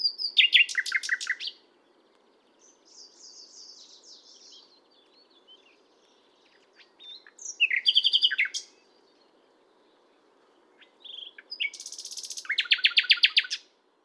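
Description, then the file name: Common nightingale delivering three separate loud phrases of rapid repeated notes with a softer warbling passage between, over a low background hum. "Luscinia megarhynchos"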